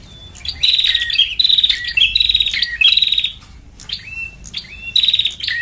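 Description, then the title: Lovebird calls: four loud, buzzy, shrill chatter bursts in the first half, then quieter thin chirps and another burst near the end. Lure recording for trapping lovebirds (pikat). "PIKAT BURUNG LOVEBIRD"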